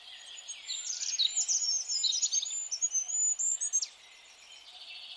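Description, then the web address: Bird calls: a run of thin, very high whistled notes, rapid and uneven, with a lower chattering twitter underneath; quieter hiss after about four seconds. "cianscape birddata Deverinetal 2025 Bird Only More Classes"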